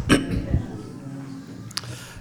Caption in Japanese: 1週間前に、突然左耳が聞こえなくなって 、でそれで耳鼻科に行ったら、薬を処方してもらって。 強い薬のようで、副作用みたいです。この咳が出るというのが、それで咳を もういっぱいやっているので、ついに声がこんな感じになりました。